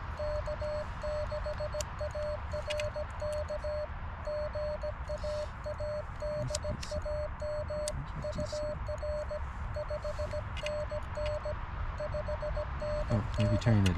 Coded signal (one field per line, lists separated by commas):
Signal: Morse code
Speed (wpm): 18 wpm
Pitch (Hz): 600 Hz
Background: music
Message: K6ARK GA ADAM UR 5NN 5NN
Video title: POTA and Morse Tutor Kit Building with Vince VE6LK/AI7LK | Parks on the Air